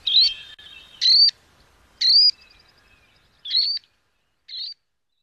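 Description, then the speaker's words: Least sandpiper giving short high trilled notes, five brief bursts spaced about a second apart, fading toward the end, with no other sounds. Singles and small groups popping up from salt marsh interiors; short trilled calls. "Look for singles and small groups popping up from the salt marsh interiors with their short, trilled calls."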